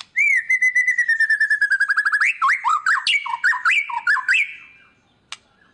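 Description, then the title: White-rumped shama song: a long slightly falling trill of quick notes that breaks into loud swooping whistles and chattering. Lure song of an actively singing ('gacor') murai batu, played to make other birds respond. "PANCINGAN MURAI BATU GACOR, LANGSUNG RESPON"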